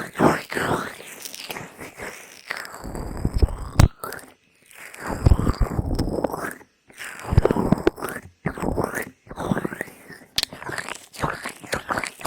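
Ear massage with lotion: wet, squishy rubbing and crackling come in dense, irregular bursts of a second or two. Brief pauses break it up, with near silence around four and seven seconds, and sharp clicks punctuate the strokes.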